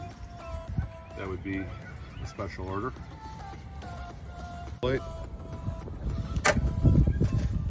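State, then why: Seated. A 36 V electric-assist battery is slid onto its mounting plate on the frame of a VanRaam Fun2Go side-by-side tandem tricycle while someone talks over background music. A sharp, loud click at 6.5 s marks the battery latching, and it is seated and locked in place.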